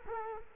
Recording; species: mosquito wingbeat signal from an infrared sensor; Culex quinquefasciatus